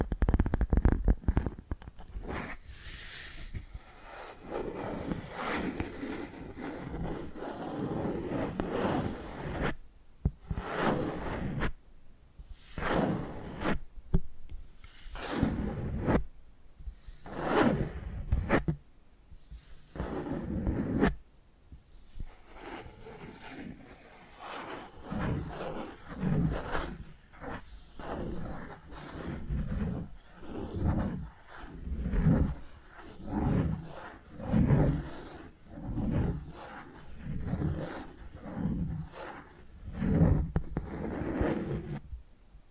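Tapping and scratching sounds fill the recording, with dense rough scraping in the opening seconds giving way to separate bursts and strokes. From about 25 seconds the taps turn quicker and more regular, a steady rhythmic patter with short pauses between groups.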